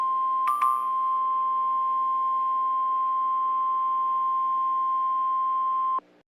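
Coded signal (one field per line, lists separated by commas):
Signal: Emergency Alert System (SAME) tones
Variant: 1050 Hz attention tone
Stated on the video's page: Fictional EAS scenario.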